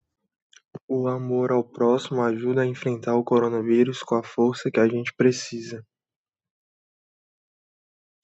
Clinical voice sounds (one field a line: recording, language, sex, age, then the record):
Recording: spoken sentence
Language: Brazilian Portuguese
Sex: male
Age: 20 to 29 years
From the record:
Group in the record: control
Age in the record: 23 years